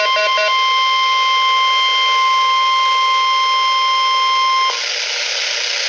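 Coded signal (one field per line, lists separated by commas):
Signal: Emergency Alert System (SAME) tones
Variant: 1050 Hz attention tone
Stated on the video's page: Required Weekly Test from NOAA Weather Radio station WWG-53, Parker, PA.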